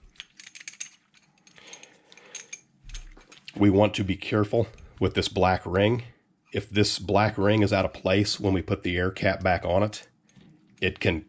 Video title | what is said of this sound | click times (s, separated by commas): SATA 3000 B CLEANING AND MAINTENANCE | until it snaps down into place | 0.7 s, 0.8 s